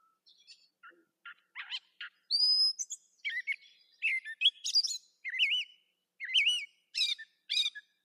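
Catbird singing a soft start of low notes, then louder mixed whistles, mewing slurs and scratchy chips strung together without repeating a pattern.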